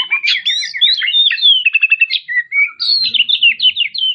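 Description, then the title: Oriental magpie-robin song, a rapid run of varied whistled and buzzy phrases sweeping up and down, continuous with scarcely a pause. Kacer Tretes, described as gacor (singing vigorously). "Kacer Tretes Gacor"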